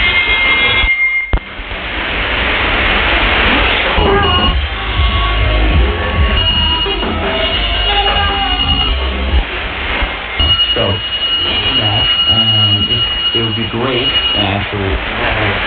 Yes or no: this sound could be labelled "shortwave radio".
yes